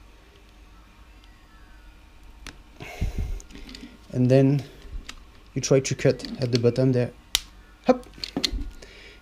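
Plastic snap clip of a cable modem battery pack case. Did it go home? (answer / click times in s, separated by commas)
released / 8.4 s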